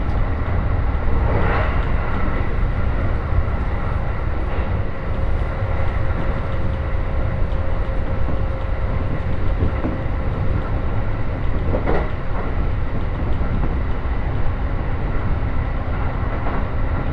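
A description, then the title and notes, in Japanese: A steady rumble inside a moving train, heavy and low, with a constant drone and faint tonal hum running throughout. Brief clattering bursts, like wheels passing rail joints, stand out near 1, 4.5 and 12 seconds, while the overall loudness stays even. 耳で楽しむ鉄道旅 常磐線 勝田→石岡。というわけで土浦行きは5両のためかなり混んでいます。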